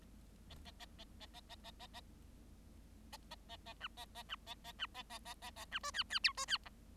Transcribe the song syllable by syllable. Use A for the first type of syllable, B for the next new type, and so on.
A A A A A A A A A A A A A A B A A B A A B A A A A A B C D D E C D F